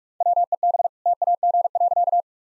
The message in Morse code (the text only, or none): WEB TAG.